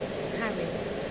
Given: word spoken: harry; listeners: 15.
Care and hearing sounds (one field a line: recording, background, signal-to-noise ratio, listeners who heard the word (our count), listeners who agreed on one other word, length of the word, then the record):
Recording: one English word in noise, from a listening test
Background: speech-shaped noise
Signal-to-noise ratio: -4.1 dB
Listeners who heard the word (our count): 3 of 15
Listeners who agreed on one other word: 8 of 15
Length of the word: 0.71 s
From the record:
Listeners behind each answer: 8, 3, 3, 1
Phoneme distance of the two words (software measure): 10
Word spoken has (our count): 2 syllables, 4 phonemes, stress on syllable 1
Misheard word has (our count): 2 syllables, 4 phonemes, stress on syllable 1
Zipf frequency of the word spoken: 4.81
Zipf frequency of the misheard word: 4.95